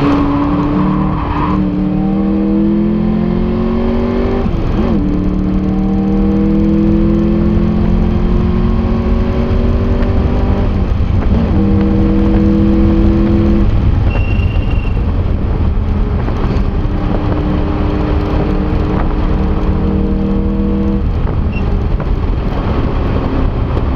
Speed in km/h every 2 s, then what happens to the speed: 106, 131, 146, 165, 182, 189, 196, 151, 142, 140, 137, 120.
0-11 speeds up to 196. 12-24 brakes to 120.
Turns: 14-24.